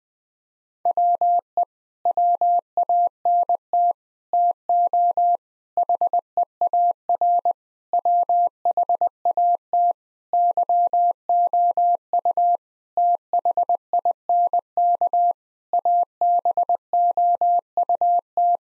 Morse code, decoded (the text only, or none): WE WANT TO HEAR WHAT YOU THINK ABOUT